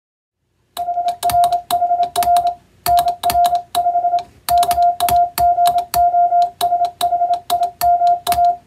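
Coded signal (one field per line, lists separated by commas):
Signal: Morse code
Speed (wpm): 27 wpm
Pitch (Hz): 700 Hz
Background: music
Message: HRHR NR5 KAGOSHIMA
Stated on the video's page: Hand-sent CW on an electronic keyer rather than software, sending plain-language telegram practice text for receiving practice.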